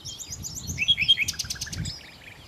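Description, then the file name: Common nightingale song with varied warbled notes, two clear whistles, then a rapid rattling burst of sharp notes fading away. "Nachtigall"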